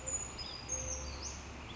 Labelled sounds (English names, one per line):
Brown Creeper